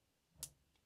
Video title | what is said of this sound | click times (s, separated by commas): Oris New Gorgeous Aqius | boom nice audible click it's a very | 0.4 s